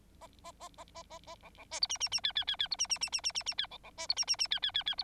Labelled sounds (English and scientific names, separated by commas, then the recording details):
Bengalese Finch (Lonchura striata domestica) song
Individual Bird9